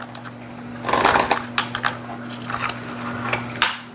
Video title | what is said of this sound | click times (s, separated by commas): DEERC 9308E Unboxing - What's Inside This RC Beast? Super Fast! | then it snaps, locks in place, so that's ready to go. | 3.6 s